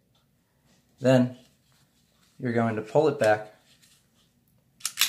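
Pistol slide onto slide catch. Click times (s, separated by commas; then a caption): 4.9 s, 5.0 s. Someone talks, then the slide of a Ruger LCP pistol is pulled back and locks open on the slide catch with sharp metallic clicks at 4.9 and 5.0 seconds, and the slide is seated on the catch.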